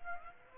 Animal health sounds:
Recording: mosquito wingbeat signal from an infrared sensor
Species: Aedes aegypti

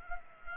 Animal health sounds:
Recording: mosquito wingbeat signal from an infrared sensor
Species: Culex pipiens

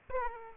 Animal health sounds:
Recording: mosquito wingbeat signal from an infrared sensor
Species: Aedes aegypti

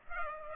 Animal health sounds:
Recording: mosquito wingbeat signal from an infrared sensor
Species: Culex pipiens

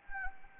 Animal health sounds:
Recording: mosquito wingbeat signal from an infrared sensor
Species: Anopheles gambiae

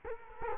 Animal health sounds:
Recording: mosquito wingbeat signal from an infrared sensor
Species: Culex quinquefasciatus

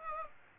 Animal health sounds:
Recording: mosquito wingbeat signal from an infrared sensor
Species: Aedes aegypti

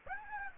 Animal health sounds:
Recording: mosquito wingbeat signal from an infrared sensor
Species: Aedes aegypti

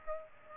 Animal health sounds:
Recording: mosquito wingbeat signal from an infrared sensor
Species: Aedes aegypti

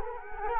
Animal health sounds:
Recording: mosquito wingbeat signal from an infrared sensor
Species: Culex quinquefasciatus

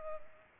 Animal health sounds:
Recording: mosquito wingbeat signal from an infrared sensor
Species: Culex pipiens

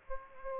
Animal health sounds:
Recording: mosquito wingbeat signal from an infrared sensor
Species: Aedes aegypti

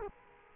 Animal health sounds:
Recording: mosquito wingbeat signal from an infrared sensor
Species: Culex quinquefasciatus

